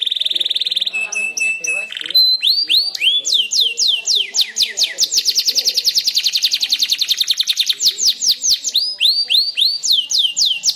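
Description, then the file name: Canary delivering short level whistles and scratchy notes, then an extended run of quick upward-swept whistles, repeated many times in rolling series. Standard canary song type. "suara kicauan kenari standar. omkicau"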